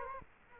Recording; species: mosquito wingbeat signal from an infrared sensor; Culex quinquefasciatus